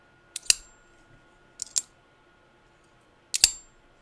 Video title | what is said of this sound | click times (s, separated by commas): LEARN this TRICK for Opening Your Winterbladeco FACTOR! This is a Game Changer! | watch you hear two two clicks one when I flick it one when it locks out | 0.5 s, 1.8 s, 3.4 s